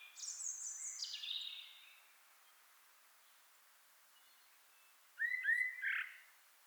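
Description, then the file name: Common blackbird with a high, scratchy twittered phrase that steps downward, then after a pause a few short, clearer lower notes. "Turdus merula"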